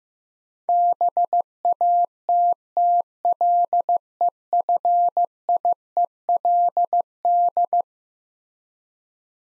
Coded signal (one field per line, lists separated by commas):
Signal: Morse code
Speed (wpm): 15 wpm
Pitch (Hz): 700 Hz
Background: none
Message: BATTLEFIELD